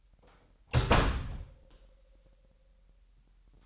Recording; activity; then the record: daily activity, microphone in the room; close door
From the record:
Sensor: 3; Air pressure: 998.4 hPa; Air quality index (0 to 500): 140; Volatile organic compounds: 4 ppm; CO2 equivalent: 1673 ppm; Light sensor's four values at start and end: 16/47/19/18 and 16/47/19/18